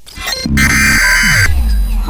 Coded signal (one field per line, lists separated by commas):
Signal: Emergency Alert System (SAME) tones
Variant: header bursts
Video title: World War 3 EAS SCENARIO